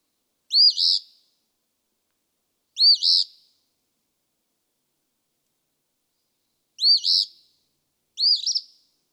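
Eastern phoebe song, four rough two-note fee-bee phrases with long pauses, the last one stuttered, in a silent background.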